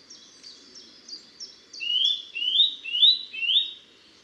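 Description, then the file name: Eurasian nuthatch calls, a run of short high notes giving way to four loud, rising, whistled notes about half a second apart. "Sitta europaea"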